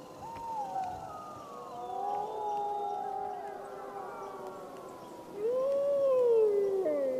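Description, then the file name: Wolf: wolves howling in chorus, several long, smooth overlapping howls wavering up and down, one louder howl rising and falling near the end. "Wolf Howling Compilation"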